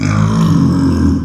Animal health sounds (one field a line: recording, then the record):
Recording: squeal of a Yucatan mini pig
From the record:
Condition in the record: after surgery on the right vocal fold (resection and tissue-engineered implant)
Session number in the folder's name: 12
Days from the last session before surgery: 105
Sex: female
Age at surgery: 19 weeks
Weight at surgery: 25 kg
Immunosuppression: prednisolone